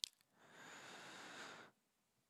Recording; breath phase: one breath near a microphone; inhalation